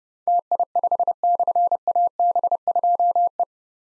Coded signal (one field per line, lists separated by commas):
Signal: Morse code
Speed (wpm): 32 wpm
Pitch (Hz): 700 Hz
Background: none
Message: TI5/AB2E